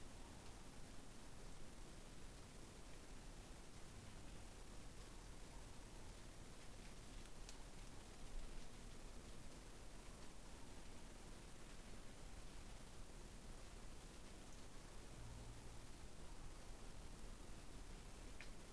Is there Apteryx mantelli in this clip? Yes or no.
no